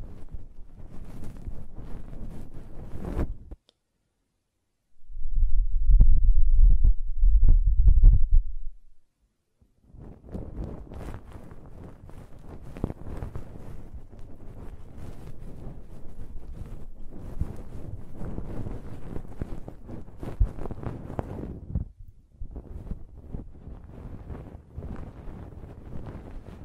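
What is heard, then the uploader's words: Rustling scrapes and rubbing sounds of ear cleaning fill most of the clip, broken by brief silences near 4 and 9 seconds. Between them, around 5 to 9 seconds, a loud, low, muffled blowing rumble pulses in bursts. ASMR Ear Cleaning and Blowing (No Talking).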